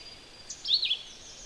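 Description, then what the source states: Philadelphia Vireo song phrase: one short run of high, slurred notes over a steady faint high hiss. Male that moved to another branch in deciduous woods, singing a phrased song: a few notes, a pause, then a few more notes.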